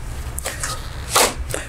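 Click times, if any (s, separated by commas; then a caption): 0.4 s. A Dell PowerEdge R650 rackmount server already on its sliding rails has its side release buttons pressed and is pushed back into the rack. A sharp click at 0.4 s marks the rail latches catching, followed by further short clacks and a broadband rattle around 1.2 s. The server ends up seated and locked into the rack.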